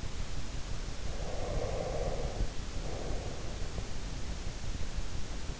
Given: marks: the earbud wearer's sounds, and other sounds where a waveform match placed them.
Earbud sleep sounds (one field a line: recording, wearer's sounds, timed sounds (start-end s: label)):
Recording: sounds in sleep by an in-ear microphone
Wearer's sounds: breath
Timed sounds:
1.06-4.05 s: breath